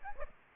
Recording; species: mosquito wingbeat signal from an infrared sensor; Aedes aegypti